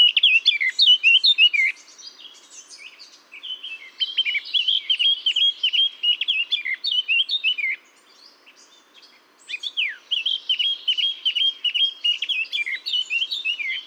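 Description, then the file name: Eurasian blackcap song: long stretches of rapid, varied warbling with clear fluty notes and scratchy chatter, broken by a quieter stretch and a pause. "Sylvia atricapilla"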